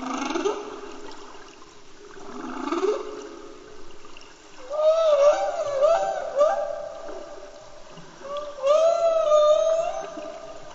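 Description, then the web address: Humpback whale song: low upswept groans followed by repeated warbling tonal cries, each with bright overtones, in phrases of about two to three seconds over soft background water noise. Recorded in Antarctica. "Antarctia Bultrug Humpback Whale Song"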